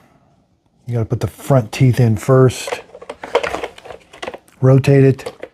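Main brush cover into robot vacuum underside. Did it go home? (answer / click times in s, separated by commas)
no / none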